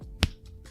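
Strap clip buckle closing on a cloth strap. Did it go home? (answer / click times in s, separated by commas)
yes / 0.2 s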